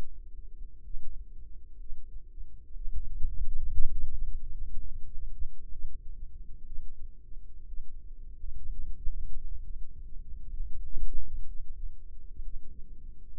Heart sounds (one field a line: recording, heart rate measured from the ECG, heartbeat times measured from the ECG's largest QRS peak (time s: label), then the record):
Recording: heart sounds by microphone in the left ear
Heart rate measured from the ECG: 62 bpm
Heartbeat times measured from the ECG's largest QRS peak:
0.81 s: heartbeat
1.76 s: heartbeat
2.72 s: heartbeat
3.71 s: heartbeat
4.75 s: heartbeat
5.69 s: heartbeat
6.63 s: heartbeat
7.64 s: heartbeat
8.67 s: heartbeat
9.60 s: heartbeat
10.51 s: heartbeat
11.45 s: heartbeat
12.41 s: heartbeat
13.31 s: heartbeat
From the record:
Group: healthy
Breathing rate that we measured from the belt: 15 breaths a minute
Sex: female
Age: 36 years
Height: 163 cm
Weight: 88 kg